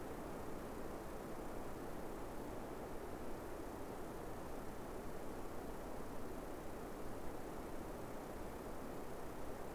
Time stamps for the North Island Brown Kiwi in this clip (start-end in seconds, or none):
none